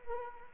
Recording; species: mosquito wingbeat signal from an infrared sensor; Anopheles arabiensis